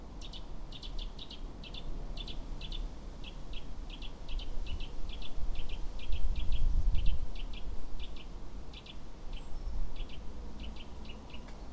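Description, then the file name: Eurasian Nuthatch giving a long series of short, sharp high notes, many in quick pairs, over a heavy low rumble. "Sitta europaea"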